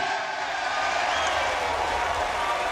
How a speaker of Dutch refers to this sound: Applaus uiteindelijk voor de 57-jarige Republikein.